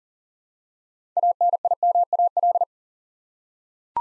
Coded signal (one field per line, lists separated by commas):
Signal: Morse code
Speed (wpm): 42 wpm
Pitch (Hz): 700 Hz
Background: none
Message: ANIMAL